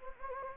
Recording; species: mosquito wingbeat signal from an infrared sensor; Anopheles gambiae